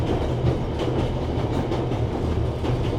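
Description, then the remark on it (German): A moving train heading back to Berlin rumbles steadily along the rails, its deep, constant roar broken by faint, regularly spaced clacks of the wheels. No voices are heard. “Nun saß er wieder im Zug und fuhr zurück nach Berlin.”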